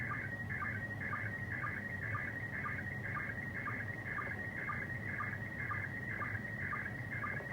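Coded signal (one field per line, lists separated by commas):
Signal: SSTV (slow-scan television)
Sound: warbling tones between 1.5 and 2.3 kHz, with a short low blip about twice a second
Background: low rumble, FM noise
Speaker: all those tones is basically one uh line of data hence the slow scan television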